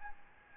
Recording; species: mosquito wingbeat signal from an infrared sensor; Aedes albopictus